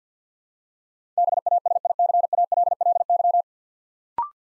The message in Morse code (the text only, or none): BASICALLY